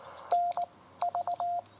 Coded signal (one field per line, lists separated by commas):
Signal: Morse code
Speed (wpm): 19 wpm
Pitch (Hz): 700 Hz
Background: none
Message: NV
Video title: POTA US-10663